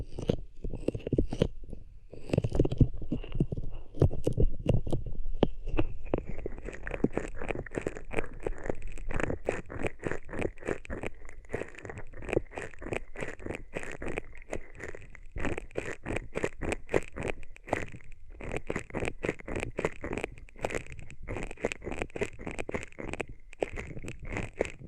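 Hands rub over ears in a dense, continuous stream of soft scratchy friction, with rapid crackling strokes running almost without pause. Low muffled rumbling sits underneath, strongest in the first six seconds, then the rubbing turns brighter and steadier with a faint whistly tone.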